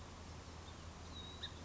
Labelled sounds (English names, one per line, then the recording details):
House Finch
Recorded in Sonoma County, California